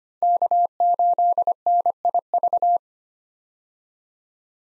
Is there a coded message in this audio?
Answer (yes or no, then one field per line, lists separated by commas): yes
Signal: Morse code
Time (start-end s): 0.2-2.8 s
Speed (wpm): 25 wpm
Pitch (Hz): 700 Hz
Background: none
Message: K8NIV